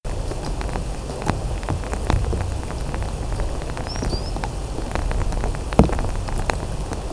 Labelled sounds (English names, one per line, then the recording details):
Common Sandpiper
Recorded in France